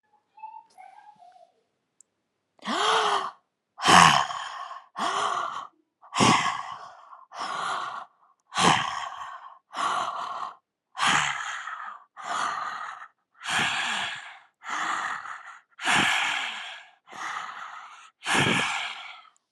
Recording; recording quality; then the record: deep breathing; excellent, no background noise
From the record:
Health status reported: healthy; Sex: female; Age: 45 years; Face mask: not worn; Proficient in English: yes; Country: India